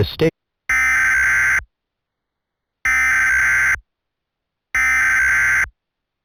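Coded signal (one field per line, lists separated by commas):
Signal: Emergency Alert System (SAME) tones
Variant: header bursts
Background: speech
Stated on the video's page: Fictional EAS scenario about an alien invasion.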